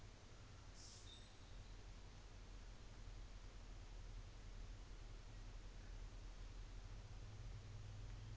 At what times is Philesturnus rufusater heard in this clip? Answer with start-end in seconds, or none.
none